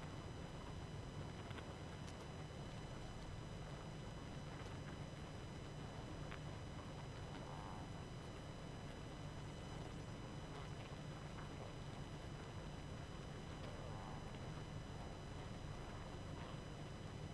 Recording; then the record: honeybee colony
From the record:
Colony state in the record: active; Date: 12 June 2018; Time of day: 21:56